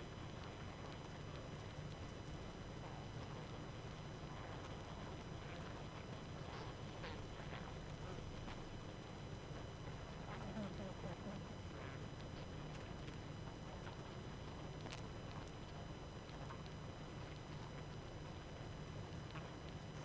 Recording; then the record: honeybee colony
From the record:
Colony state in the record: active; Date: 12 June 2018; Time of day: 23:31